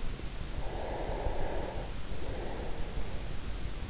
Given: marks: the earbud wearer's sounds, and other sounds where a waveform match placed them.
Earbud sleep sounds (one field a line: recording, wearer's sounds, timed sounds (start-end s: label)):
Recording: sounds in sleep by an in-ear microphone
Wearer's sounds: breath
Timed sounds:
0.37-3.39 s: breath